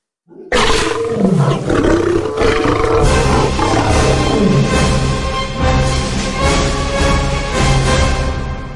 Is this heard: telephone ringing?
no